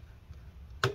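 A screwdriver turns captive heatsink screw number seven all the way down into its heatsink standoff on the motherboard of a Dell Alienware m17 R3 laptop until it stops. Faint low rumble comes before a single sharp click at 0.8 s as the screw bottoms out and seats.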